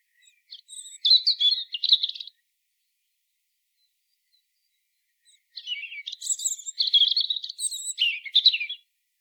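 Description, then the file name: European robin song, a brief high warble followed after a pause by a longer, richer phrase of thin trills and sliding notes. "Erithacus rubecula"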